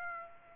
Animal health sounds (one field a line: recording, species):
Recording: mosquito wingbeat signal from an infrared sensor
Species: Aedes aegypti